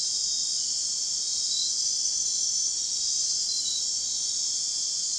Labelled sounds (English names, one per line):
none